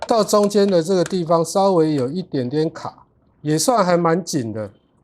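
A Makita 18V power-tool battery is slid up onto a battery adapter for a Dyson stick vacuum, binding slightly partway along the rail and staying fairly tight. Someone talks throughout, with no distinct handling sounds standing out. The battery has not seated or clicked into the adapter yet.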